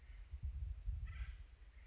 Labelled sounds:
Acorn Woodpecker
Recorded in Sonoma County, California

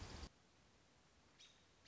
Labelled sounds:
American Robin
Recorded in Sonoma County, California

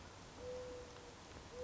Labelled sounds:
Mourning Dove
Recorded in Sonoma County, California

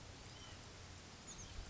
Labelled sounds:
White-breasted Nuthatch
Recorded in Sonoma County, California

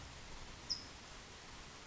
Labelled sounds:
California Towhee
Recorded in Sonoma County, California

